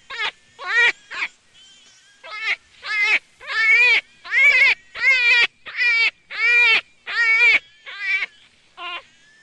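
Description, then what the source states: Jackrabbit cries: a series of about fourteen quavering, rich squeals, a few at first and then a pause, then a steady run, coming a little faster than once a second. Juvenile.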